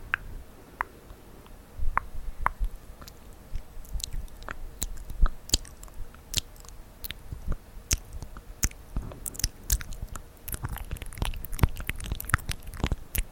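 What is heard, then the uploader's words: Mouth sounds made of sharp wet clicks and crunchy, chewing-like snaps, sparse at first and growing denser and quicker after ten seconds. ASMR Mouth Sounds and Tracing your Face.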